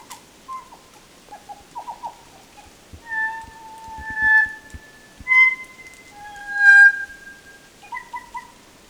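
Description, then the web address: Kokako singing a slow sequence of mellow, drawn-out organ-like notes separated by pauses, with soft clicking and tapping underneath. "sound kōkako. دانلود-صدای-پرنده-کوکاکو"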